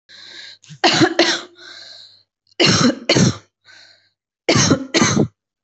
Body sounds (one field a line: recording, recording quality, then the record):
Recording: heavy voluntary cough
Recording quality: excellent, no background noise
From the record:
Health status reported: recovered from COVID-19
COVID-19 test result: positive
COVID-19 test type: RT-PCR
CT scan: not taken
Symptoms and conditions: cough, fever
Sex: female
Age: 25 years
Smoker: no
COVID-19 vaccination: both doses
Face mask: worn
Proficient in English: yes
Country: India